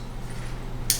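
A part of a monopod/tripod setup, the monopod leg or clamp, is pushed onto its housing over a steady low background hum. A single sharp click sounds at 0.9 s as it locks into place.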